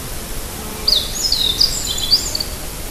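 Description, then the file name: Meadow bunting song: one fast phrase of high, sharp, jingling notes and squeaky slurs lasting about one and a half seconds, over a background hiss. "hojiro"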